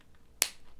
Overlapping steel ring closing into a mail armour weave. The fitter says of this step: with a satisfying click closes exactly on itself so there's no Gap